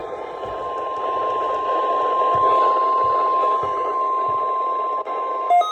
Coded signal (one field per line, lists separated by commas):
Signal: Emergency Alert System (SAME) tones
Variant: 1050 Hz attention tone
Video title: EAS#33-34 Lakehouse RWT + Home RWT First RWT’S of 2025!! New Years RWT!